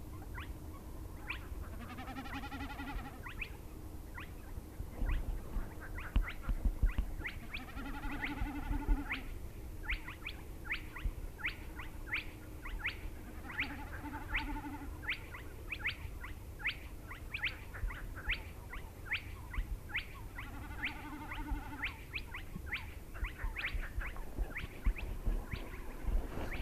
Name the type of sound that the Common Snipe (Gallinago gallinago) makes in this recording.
bleating